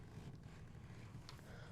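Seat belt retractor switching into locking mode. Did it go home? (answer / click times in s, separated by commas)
yes / 1.3 s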